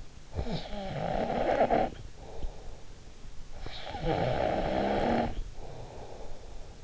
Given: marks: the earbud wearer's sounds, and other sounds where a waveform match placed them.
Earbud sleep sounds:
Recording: sounds in sleep by an in-ear microphone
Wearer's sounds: snoring breath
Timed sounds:
0.32-2.85 s: snoring breath
3.43-6.76 s: snoring breath

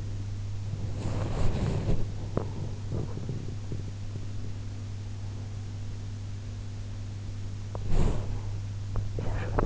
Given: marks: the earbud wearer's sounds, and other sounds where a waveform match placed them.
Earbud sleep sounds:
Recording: sounds in sleep by an in-ear microphone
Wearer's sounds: body movement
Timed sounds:
0.97-4.64 s: body movement
7.78-8.54 s: body movement

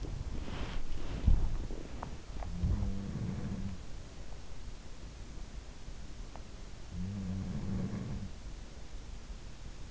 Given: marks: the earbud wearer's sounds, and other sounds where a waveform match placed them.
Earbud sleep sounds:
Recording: sounds in sleep by an in-ear microphone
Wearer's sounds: body movement, breath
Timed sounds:
0.00-2.30 s: body movement
0.33-1.19 s: breath
2.55-3.99 s: sound from someone else or the room
6.89-8.45 s: sound from someone else or the room

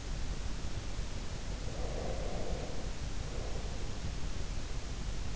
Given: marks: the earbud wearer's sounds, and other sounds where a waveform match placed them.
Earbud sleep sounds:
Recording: sounds in sleep by an in-ear microphone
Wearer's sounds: breath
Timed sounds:
1.72-4.45 s: breath

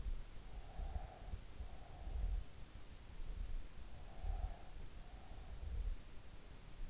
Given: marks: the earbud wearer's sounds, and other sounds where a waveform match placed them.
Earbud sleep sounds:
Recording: sounds in sleep by an in-ear microphone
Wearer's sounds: breath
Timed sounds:
0.48-2.52 s: breath
3.85-6.04 s: breath

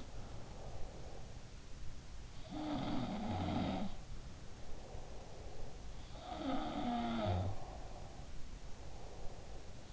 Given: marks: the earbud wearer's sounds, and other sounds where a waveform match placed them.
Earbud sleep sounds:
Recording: sounds in sleep by an in-ear microphone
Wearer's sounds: breath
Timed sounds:
0.00-1.55 s: breath
2.27-9.68 s: sound from someone else or the room
4.35-6.17 s: breath
7.56-9.68 s: breath

